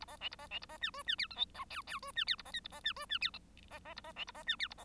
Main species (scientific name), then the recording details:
Lonchura striata domestica. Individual Bird1